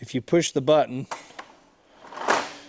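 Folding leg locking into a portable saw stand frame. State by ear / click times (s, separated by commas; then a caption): seated / 2.3 s. Someone talks, then presses the release button on a portable saw stand, and its metal folding legs swing out into the open position. A single sharp clack at 2.3 s marks a leg locking into the stand frame, and the legs are locked in place.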